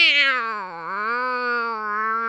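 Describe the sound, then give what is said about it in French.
A single long, drawn-out cat meow, fairly loud and steady, its pitch sagging briefly before rising and holding in a whiny, wailing tone. No one talks over it. “Si t'en as des chats comme ça, là, tu fais...”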